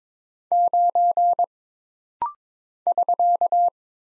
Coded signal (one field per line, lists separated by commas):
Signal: Morse code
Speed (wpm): 22 wpm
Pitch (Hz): 700 Hz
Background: none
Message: 9 <SK>